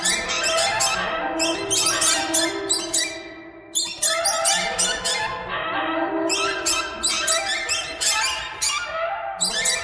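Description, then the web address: Squeaky bird chirps in hurried clusters, separated by short lulls before the chatter resumes. "soundfactory birds"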